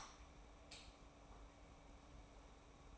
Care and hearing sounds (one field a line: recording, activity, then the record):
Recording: daily activity, microphone in the room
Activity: light on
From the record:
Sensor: 1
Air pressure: 991.0 hPa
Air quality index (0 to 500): 108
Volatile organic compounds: 96 ppm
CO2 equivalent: 3728 ppm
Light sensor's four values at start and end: 23/51/22/24 and 26/66/27/29